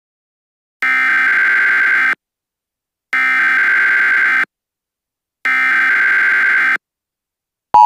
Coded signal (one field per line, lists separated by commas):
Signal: Emergency Alert System (SAME) tones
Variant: header bursts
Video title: eas scenario the megaquake